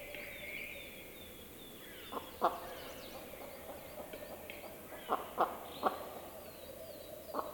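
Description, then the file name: Capercaillie hen calls: a few loud, sharp knocking notes spaced irregularly, with faint whistling birds throughout. Female. "Digiffects Sound Effects Library - Female Capercaillie Call"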